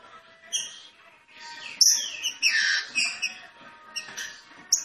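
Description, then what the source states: Green-winged saltator song: loud, rich whistled phrases broken by short pauses and a few sharp clicks. Classic song (canto clássico), training recording.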